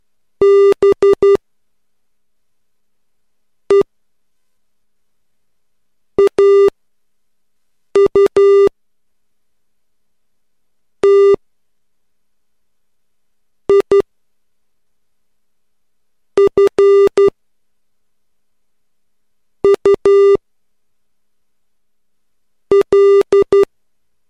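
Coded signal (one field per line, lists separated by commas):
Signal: Morse code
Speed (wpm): 12 wpm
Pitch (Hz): 400 Hz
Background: none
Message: BEAUTIFUL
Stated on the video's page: Morse code practice at 3 WPM using the letters e l s o t v a m n p d r h i c b f g k y u.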